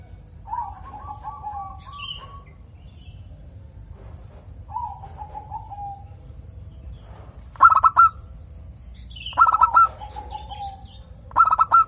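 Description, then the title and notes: Zebra dove song: purring trilled coos, then three loud staccato bursts of clipped notes. Local perkutut (zebra dove), singing vigorously (gacor), with a clear, crystal-like, loud voice. "PERKUTUT LOKAL GACOR Suara KRISTAL LANTANG. Kicau Burung Perkutut"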